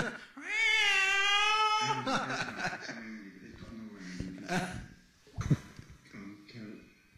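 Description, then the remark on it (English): A cat in heat lets out one long, loud, wavering yowl that rises and falls in pitch for over a second, followed by people talking. “The sounds of cat and heat.”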